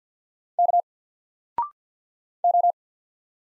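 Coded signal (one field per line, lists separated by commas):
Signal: Morse code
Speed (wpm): 49 wpm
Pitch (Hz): 700 Hz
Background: none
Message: K O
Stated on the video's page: Single letters sent in Morse at 50 wpm for instant character recognition, each sent, spoken after a 0.6-second pause, then sent again.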